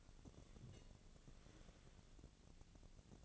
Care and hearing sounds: daily activity, microphone in the room; take from stove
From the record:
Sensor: 4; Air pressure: 1000.8 hPa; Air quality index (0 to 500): 124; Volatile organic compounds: 1 ppm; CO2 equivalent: 932 ppm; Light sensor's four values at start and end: 42/103/43/48 and 43/104/44/48

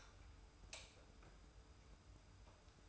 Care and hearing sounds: daily activity, microphone in the room; light on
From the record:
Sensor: 2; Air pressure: 990.9 hPa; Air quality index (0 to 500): 120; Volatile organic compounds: 84 ppm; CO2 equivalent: 3638 ppm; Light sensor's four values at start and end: 25/59/24/24 and 30/77/31/30

